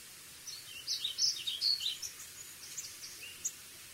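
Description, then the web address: Warbling vireo song: a quick, meandering warble of high slurred notes for about one and a half seconds, then fainter scattered notes. Western USA songbird. "Songs of Birds of North America Western USA Songbirds. Warbling Vireo"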